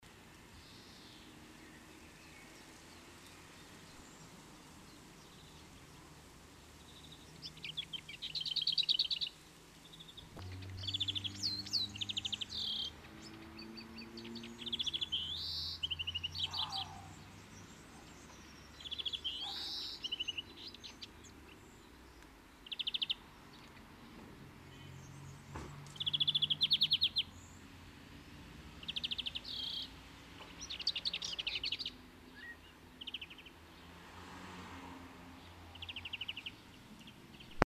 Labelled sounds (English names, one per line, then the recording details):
European Greenfinch song
Common Chiffchaff
Lesser Whitethroat
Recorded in the wild
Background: Phylloscopus collybita, Sylvia curruca
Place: Kaiserslautern, Rheinland-Pfalz, DE
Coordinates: 49.4247, 7.77889
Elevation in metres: 279
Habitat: garden
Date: 1979-05-13
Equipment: Nagra IV, Sennheiser MKH 405, Parabolreflektor
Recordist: Tretzel, Erwin
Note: Garten, Kaiserslautern: Gesang